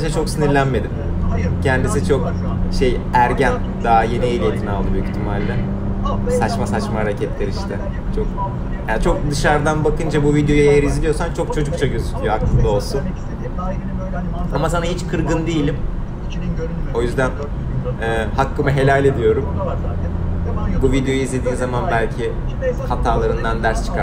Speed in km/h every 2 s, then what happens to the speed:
85, 88, 93, 94, 92, 90, 92, 89, 89, 94, 98, 101.
0-5 speeds up to 94. 5-16 steady at about 90. 16-24 speeds up to 101.